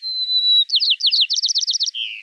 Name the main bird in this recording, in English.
White-crowned Sparrow